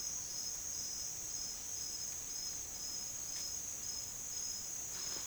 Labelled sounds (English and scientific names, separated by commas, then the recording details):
none
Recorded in pastures near Puerto Asís, Putumayo, Colombia, on 29 June 2025 at 08:30
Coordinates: 0.502, -76.324
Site G010